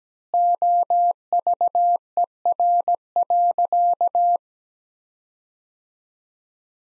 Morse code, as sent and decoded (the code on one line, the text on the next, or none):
--- ...- . .-. .-.-.-
OVER.